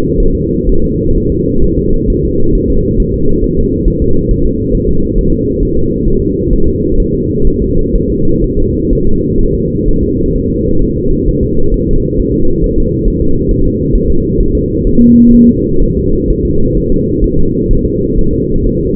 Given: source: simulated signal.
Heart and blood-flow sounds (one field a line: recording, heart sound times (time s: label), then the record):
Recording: fetal heart sounds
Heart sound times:
0.20 s: S1
0.35 s: S2
0.69 s: S1
0.84 s: S2
1.17 s: S1
1.32 s: S2
1.64 s: S1
1.79 s: S2
2.10 s: S1
2.25 s: S2
2.55 s: S1
2.70 s: S2
3.00 s: S1
3.14 s: S2
3.44 s: S1
3.58 s: S2
3.88 s: S1
4.02 s: S2
4.31 s: S1
4.46 s: S2
4.75 s: S1
4.89 s: S2
5.18 s: S1
5.33 s: S2
5.63 s: S1
5.77 s: S2
6.08 s: S1
6.22 s: S2
6.53 s: S1
6.68 s: S2
7.00 s: S1
7.14 s: S2
7.47 s: S1
7.62 s: S2
7.95 s: S1
8.10 s: S2
8.44 s: S1
8.59 s: S2
8.93 s: S1
9.07 s: S2
9.41 s: S1
9.55 s: S2
9.88 s: S1
10.03 s: S2
10.36 s: S1
10.50 s: S2
10.82 s: S1
10.97 s: S2
11.28 s: S1
11.43 s: S2
11.74 s: S1
11.89 s: S2
12.19 s: S1
12.34 s: S2
12.64 s: S1
12.78 s: S2
13.08 s: S1
13.22 s: S2
13.51 s: S1
13.66 s: S2
13.95 s: S1
14.10 s: S2
14.40 s: S1
14.55 s: S2
14.87 s: S1
15.01 s: S2
15.35 s: S1
15.49 s: S2
15.83 s: S1
15.97 s: S2
16.30 s: S1
16.45 s: S2
16.77 s: S1
16.92 s: S2
17.24 s: S1
17.39 s: S2
17.71 s: S1
17.85 s: S2
18.18 s: S1
18.33 s: S2
18.67 s: S1
18.81 s: S2
From the record:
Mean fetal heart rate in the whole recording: 130 bpm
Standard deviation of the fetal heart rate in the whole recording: 4 bpm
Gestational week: 38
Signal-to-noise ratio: -17.7 dB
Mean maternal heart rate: 72 bpm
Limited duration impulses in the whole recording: present